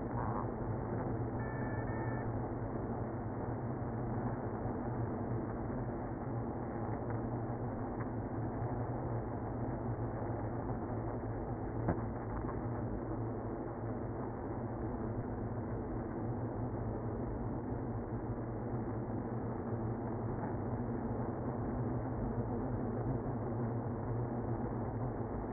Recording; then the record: honeybee colony, microphone inside the hive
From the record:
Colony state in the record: queenless (queen removed); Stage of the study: after two queens were removed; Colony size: about 60,000 bees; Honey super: yes